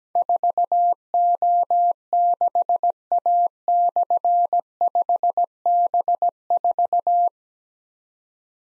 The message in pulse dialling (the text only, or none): none